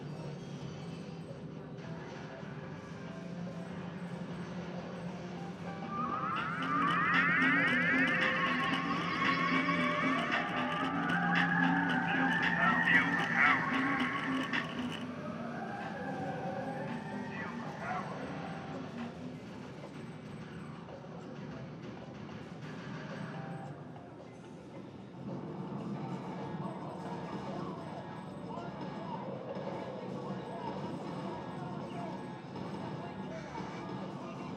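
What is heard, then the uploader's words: Arcade games fill the air with a dense, steady din and a low rumbling hum. From about six to fifteen seconds, bright electronic tones and jingles rise and sweep over the noise, and voices murmur throughout. The clamor briefly dips near twenty-four seconds, then resumes. Int Coney Island Arcade IV, Arcade Games by Bandeto.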